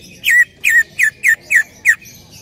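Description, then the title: Greater green leafbird gives six clear down-slurred whistled notes in a steady series, roughly one every third of a second, over quiet background. Female calling to a male, described as very actively and excitedly vocal. "CUCAK IJO BETINA GACOR HIPER MEMANGGIL JANTAN"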